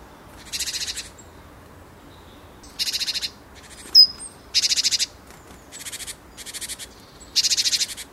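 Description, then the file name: Great tit churring in short buzzy pulsed bursts separated by pauses, with one sharp high note in between. "Parus major"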